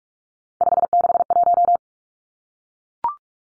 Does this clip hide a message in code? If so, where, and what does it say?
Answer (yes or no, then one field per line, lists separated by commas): yes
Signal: Morse code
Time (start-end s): 0.6-1.8 s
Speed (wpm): 44 wpm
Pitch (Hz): 700 Hz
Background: none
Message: 561